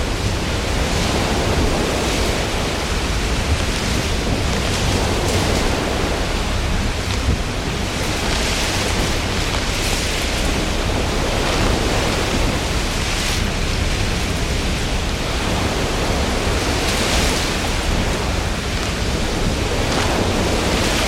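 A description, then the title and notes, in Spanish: Storm wind roars over a stormy sea, with rain beating on a steel hull. The roar is dense and continuous, full from deep rumble to bright hiss, with brief brighter gusts surging every few seconds, around 2, 9, 13 and 17 seconds. Mar Tormentoso | Ruido Blanco, Viento, Lluvia. Sube a bordo de un imponente carguero que se enfrenta a las tempestuosas aguas del Atlántico Norte. Con velocidades de viento rugiendo a impresionantes 70-80 nudos y la lluvia golpeando implacablemente el casco de acero.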